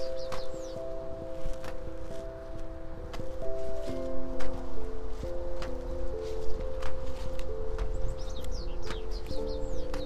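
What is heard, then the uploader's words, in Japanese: Seedlings are set one at a time into holes poked through mulch film, with sharp crackles and rustles every second or so. A steady set of humming tones runs throughout, stepping in pitch near four seconds, and birds chirp briefly at the start and near the end. サツマイモのツル苗を植えていきます。あらかじめ張っておいたマルチに棒で穴を開け、一本ずつ苗を置いたのち、土の中に挿していきます。霧雨の日は鳥の声も辺りに響くように聞こえます。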